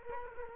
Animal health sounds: mosquito wingbeat signal from an infrared sensor; Culex quinquefasciatus

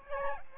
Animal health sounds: mosquito wingbeat signal from an infrared sensor; Aedes albopictus

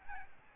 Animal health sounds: mosquito wingbeat signal from an infrared sensor; Aedes albopictus

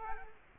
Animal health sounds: mosquito wingbeat signal from an infrared sensor; Culex quinquefasciatus

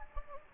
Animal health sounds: mosquito wingbeat signal from an infrared sensor; Anopheles gambiae

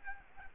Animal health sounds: mosquito wingbeat signal from an infrared sensor; Aedes aegypti

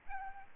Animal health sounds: mosquito wingbeat signal from an infrared sensor; Aedes albopictus

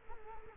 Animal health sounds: mosquito wingbeat signal from an infrared sensor; Culex quinquefasciatus

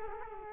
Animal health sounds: mosquito wingbeat signal from an infrared sensor; Culex quinquefasciatus

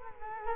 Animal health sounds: mosquito wingbeat signal from an infrared sensor; Culex quinquefasciatus

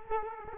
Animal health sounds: mosquito wingbeat signal from an infrared sensor; Culex quinquefasciatus

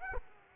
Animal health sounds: mosquito wingbeat signal from an infrared sensor; Aedes aegypti

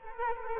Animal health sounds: mosquito wingbeat signal from an infrared sensor; Culex quinquefasciatus

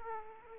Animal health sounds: mosquito wingbeat signal from an infrared sensor; Aedes aegypti

